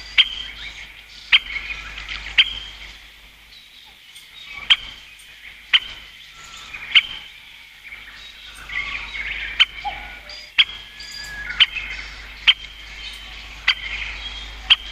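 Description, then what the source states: Great Spotted Woodpecker calling with abrupt, clipped 'kik' notes roughly once a second, with a short pause early on. Call (jinaki) said to differ little from the Japanese green woodpecker's, so the two are hard to tell apart; more common in eastern than western Japan.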